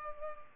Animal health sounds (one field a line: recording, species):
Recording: mosquito wingbeat signal from an infrared sensor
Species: Culex pipiens